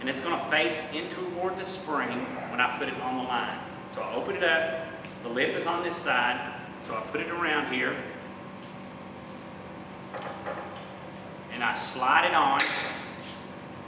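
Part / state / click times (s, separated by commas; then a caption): disconnect tool onto AC quick connect coupling / not seated / none. A man talks while opening a disconnect tool, placing it around the AC line with its lip facing toward the spring, and sliding it along the line toward the quick connect coupling. Nothing has clicked yet; the tool has not engaged. A steady low hum runs underneath.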